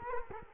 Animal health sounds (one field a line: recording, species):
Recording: mosquito wingbeat signal from an infrared sensor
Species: Culex quinquefasciatus